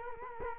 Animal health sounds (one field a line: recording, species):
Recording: mosquito wingbeat signal from an infrared sensor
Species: Culex quinquefasciatus